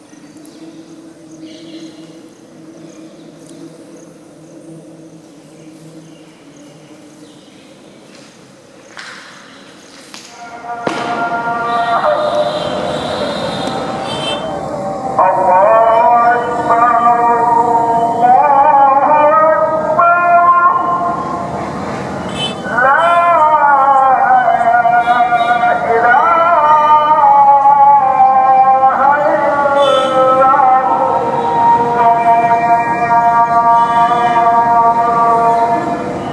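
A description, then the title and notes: Temple sounds open quietly, with a low steady hum and a faint murmur. Around eleven seconds a loud, dense wash of sound swells in, and from fifteen seconds on, wavering pitched tones swoop and bend repeatedly over a busy rumble until the end. India Soundscape. Markhanda; Temple Sounds.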